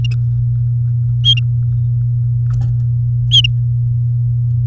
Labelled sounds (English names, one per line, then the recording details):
Domestic Canary song
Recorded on 3 May 2018 at 16:53
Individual llb16